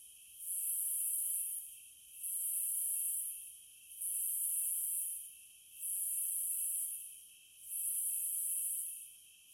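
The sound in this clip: Cicada song: regular high-pitched rasping buzzes about every two seconds, each swelling and fading, over a continuous lower drone.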